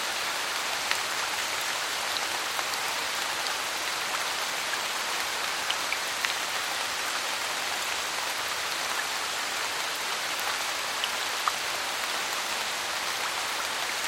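Light rain falls steadily on a lake, a dense, even hiss of countless small drops that barely changes over the whole stretch. The sound is bright and airy with little low rumble, and a few slightly crisper drop taps stand out now and then.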